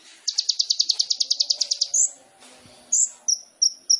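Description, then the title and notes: Sunbird singing a fast, even trill of high piercing notes, followed by a pause and several separate sharp whistled notes. Indonesian masteran training recording for songbirds; sunbird song described as gacor (singing vigorously), with full isian (filler phrases) and tembakan (bursts), intended as pancingan to stimulate other birds. "MASTERAN KOLIBRI NINJA TERBAIK FULL ISIAN DAN TEMBAKAN MEWAH COCOK BUAT PANCINGAN. Suara Burung Kolibri Ninja Gacor"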